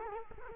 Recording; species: mosquito wingbeat signal from an infrared sensor; Culex quinquefasciatus